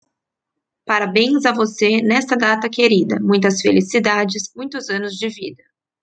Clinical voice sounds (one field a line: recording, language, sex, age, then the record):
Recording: short text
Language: Brazilian Portuguese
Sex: female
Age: 30 to 39 years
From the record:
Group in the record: control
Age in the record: 33 years